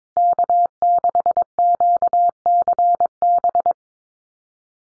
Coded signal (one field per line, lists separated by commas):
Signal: Morse code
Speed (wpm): 22 wpm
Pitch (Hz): 700 Hz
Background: none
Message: K6QCB